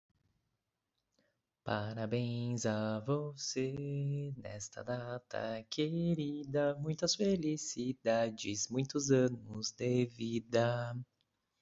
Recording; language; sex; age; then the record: short text; Brazilian Portuguese; male; 20 to 29 years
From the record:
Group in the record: control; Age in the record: 27 years